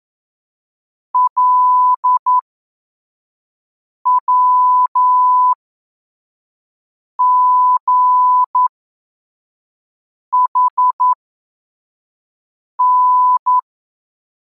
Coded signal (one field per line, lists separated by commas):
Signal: Morse code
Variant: Russian alphabet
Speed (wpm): 11 wpm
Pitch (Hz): 1000 Hz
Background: none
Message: ЛВГХН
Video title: Азбука Морзе. Урок 12. Тексты для отработки приёма. Скорость 3 гр/м.